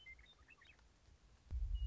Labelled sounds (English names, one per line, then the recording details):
Western Meadowlark
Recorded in Sonoma County, California